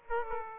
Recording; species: mosquito wingbeat signal from an infrared sensor; Aedes aegypti